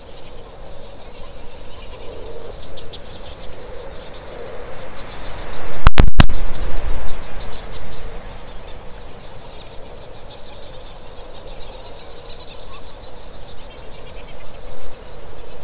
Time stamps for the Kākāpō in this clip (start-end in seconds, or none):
none